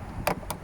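A plastic access cover is pressed back into the boot interior trim panel of a 2020 Audi Q2 after the manual boot release is shown from inside. Two sharp clicks are heard at 0.3 s and 0.5 s over a low background hum. The cover clips back on and is seated.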